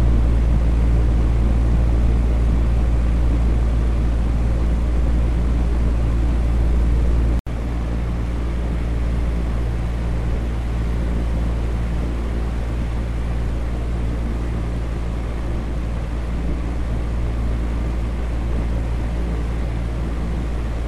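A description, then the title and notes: A fan runs steadily with a dense, even whoosh over a strong low hum. At about seven seconds the sound cuts out for an instant, then resumes slightly quieter and less bassy, holding constant to the end. Oscillating Fan "Sleep Sounds" ASMR. Oscillating fan, sleep sounds, ASMR, white noise.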